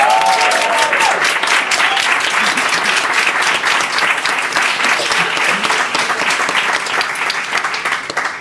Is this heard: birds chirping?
no